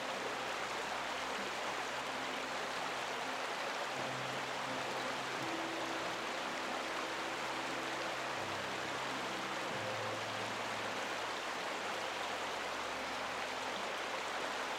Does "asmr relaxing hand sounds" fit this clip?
no